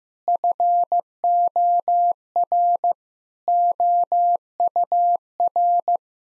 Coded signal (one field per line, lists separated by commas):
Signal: Morse code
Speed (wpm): 15 wpm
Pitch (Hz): 700 Hz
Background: none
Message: FOR OUR